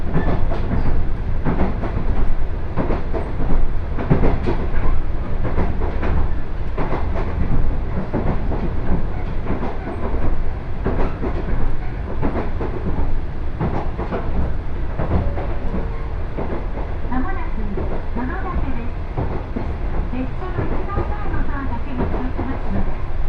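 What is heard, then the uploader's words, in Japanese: A two-car diesel railcar runs briskly along a rural line, recorded from inside. A dense, steady low rumble of engine and wheels fills the clip, with rapid clacks and rattles throughout and a faint squealing tone drifting in during the last several seconds. 鉄道旅 気仙沼線 前谷地→柳津。キハ110系の２両編成が快走していきます。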